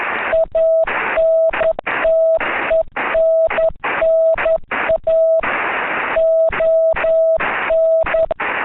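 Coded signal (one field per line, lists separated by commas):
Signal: Morse code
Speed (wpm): 11 wpm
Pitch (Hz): 650 Hz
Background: none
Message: ANTENNA ON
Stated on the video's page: CW sent by net control during a simulated emergency test net on 7.130 MHz, 300 W into a vertical antenna, with CW at 10 and 15 WPM.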